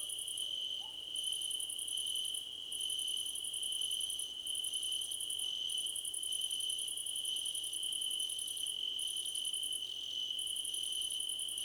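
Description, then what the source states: Shrill cricket chorus: an unbroken high trill plus repeated pulse bursts with short gaps, continuing evenly for the whole stretch. Crickets in a choir competition.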